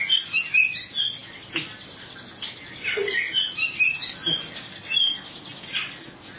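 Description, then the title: Oriental magpie-robin song of short, high whistled and chirping phrases in uneven bursts, separated by brief gaps. "Kacer"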